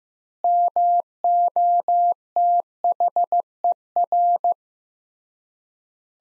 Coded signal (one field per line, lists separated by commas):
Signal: Morse code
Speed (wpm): 15 wpm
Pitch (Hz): 700 Hz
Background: none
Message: MOTHER